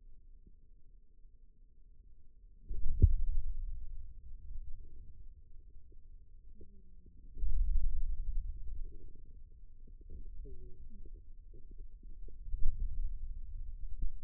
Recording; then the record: forearm muscle sounds (acoustic myography)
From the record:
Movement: pen grasping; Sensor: system 2, bracelet of six BSWA MPA416 microphones around the upper forearm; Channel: 3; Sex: male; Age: 22 years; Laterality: right